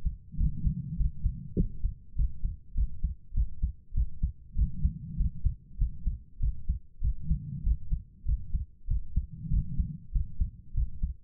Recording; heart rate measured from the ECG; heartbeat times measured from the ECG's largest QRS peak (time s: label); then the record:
heart sounds by stethoscope; 98 bpm
0.36 s: heartbeat
0.96 s: heartbeat
1.55 s: heartbeat
2.14 s: heartbeat
2.73 s: heartbeat
3.33 s: heartbeat
3.93 s: heartbeat
4.54 s: heartbeat
5.15 s: heartbeat
5.77 s: heartbeat
6.39 s: heartbeat
7.00 s: heartbeat
7.62 s: heartbeat
8.24 s: heartbeat
8.86 s: heartbeat
9.49 s: heartbeat
10.11 s: heartbeat
10.73 s: heartbeat
From the record:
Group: healthy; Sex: female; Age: 32 years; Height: 172 cm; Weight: 71.7 kg